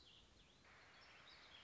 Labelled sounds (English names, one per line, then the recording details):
Warbling Vireo
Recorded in Sonoma County, California